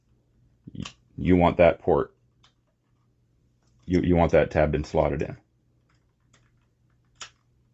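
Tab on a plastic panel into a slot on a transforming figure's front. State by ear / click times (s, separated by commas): seated / 7.2 s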